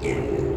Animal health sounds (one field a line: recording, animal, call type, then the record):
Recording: contact call of a hoofed animal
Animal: pig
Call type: closed-mouth grunt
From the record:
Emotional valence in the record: negative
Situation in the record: short social isolation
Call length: 0.57 s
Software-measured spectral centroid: 1580 Hz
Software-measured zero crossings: 1000 a second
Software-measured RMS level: -24 dBFS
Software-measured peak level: -12 dBFS